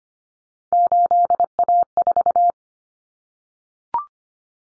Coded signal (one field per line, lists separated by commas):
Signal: Morse code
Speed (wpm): 25 wpm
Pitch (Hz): 700 Hz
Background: none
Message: 8A4